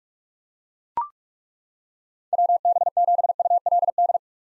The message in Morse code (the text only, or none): WB7ULD